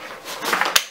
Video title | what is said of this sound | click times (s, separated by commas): Dynamic Bag for Wheelchairs from Handy Bag - Secure and Simple | it in to the magnets and those magnets snap right | 0.8 s